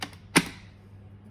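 The plastic lid of a food processor is placed on top of the bowl and its tab is pushed into the handle, giving a sharp click at 0.4 s, with a fainter tap at the very start. The tab seats in the handle with that click.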